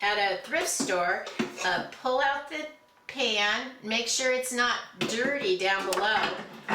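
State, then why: Not seated. Someone talks while handling the removable bread pan of a bread machine, pulling it out to check underneath for dirt before it goes back into the machine housing. Nothing has seated or snapped into place yet.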